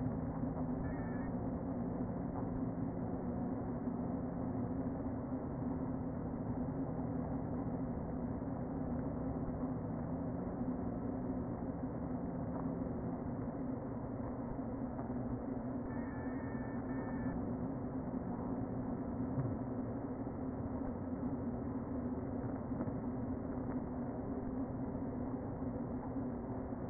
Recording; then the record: honeybee colony, microphone inside the hive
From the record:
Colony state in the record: queen present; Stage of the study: before two queens were removed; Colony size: about 60,000 bees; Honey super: yes